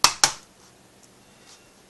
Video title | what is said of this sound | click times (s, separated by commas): DELL INSPIRON 15 (1545) Memory Upgrade (Watch my mistake) | you press on it and you'll hear it snap | 0.0 s, 0.2 s